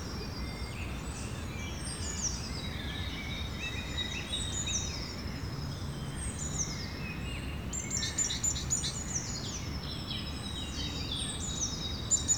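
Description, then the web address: Many birds sing together in a dense, steady chorus of descending whistles and fast twittering notes, over persistent low-pitched background noise. Birds recorded in the evening. "Birds, Insects Animals Birds evening"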